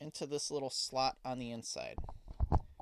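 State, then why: Seated. Someone talks, then a small plastic stick is pushed into a slot inside a doll closet to form a hanging bar. A short, sharp click at 2.5 s is heard as the rod pops into place and seats in the slot.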